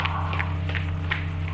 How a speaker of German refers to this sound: Die Tür sprang auf. Er musste das Schloss zerschossen haben. Wir hörten seine hereinkommenden Schritte.